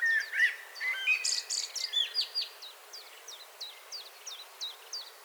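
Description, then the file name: Common blackbird singing a brief fluting phrase with high scratchy twitters, then a second bird's sharp high notes carry on alone. "Turdus merula"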